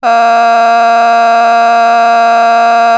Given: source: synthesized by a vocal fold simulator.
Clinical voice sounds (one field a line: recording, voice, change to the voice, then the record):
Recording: sustained vowel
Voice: female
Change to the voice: vocal strain, level 8 of 10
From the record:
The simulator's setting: 0.78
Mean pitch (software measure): 232 Hz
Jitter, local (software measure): 1.13%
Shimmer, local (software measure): 3.4%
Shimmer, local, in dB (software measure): 0.29 dB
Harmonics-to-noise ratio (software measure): 18.4 dB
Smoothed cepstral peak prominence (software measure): 17.4 dB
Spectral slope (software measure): -17.6 dB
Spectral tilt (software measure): -8.0 dB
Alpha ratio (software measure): -8.1 dB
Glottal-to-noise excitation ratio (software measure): 0.975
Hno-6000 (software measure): 1.8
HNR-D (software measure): 39.1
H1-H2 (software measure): -3.8 dB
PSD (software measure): 5.7e-05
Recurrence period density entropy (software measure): 0.116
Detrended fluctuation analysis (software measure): 0.0097